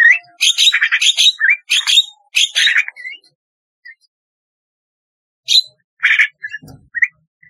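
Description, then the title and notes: Starling song: rapid bursts of harsh, buzzy chatter mixed with short whistled slurs, a pause, then scattered chips and whistles. "Kicau Burung Jalak"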